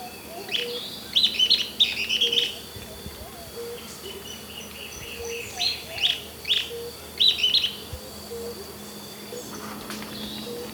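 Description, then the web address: Sooty-headed tyrannulet calls in short bursts of high, chattering notes, grouped near the start, middle and later, over a steady insect-like hum. South America, Ecuador. "Natures Songs S America Birds of Ecuador 3 Sooty-Headed Tyrannulet"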